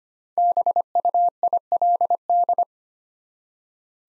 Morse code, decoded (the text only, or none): BUILD